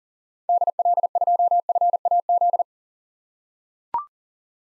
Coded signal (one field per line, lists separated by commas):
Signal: Morse code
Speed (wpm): 38 wpm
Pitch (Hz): 700 Hz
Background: none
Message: DL2FAZ